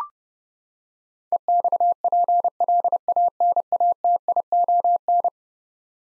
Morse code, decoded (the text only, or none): EXPLANATION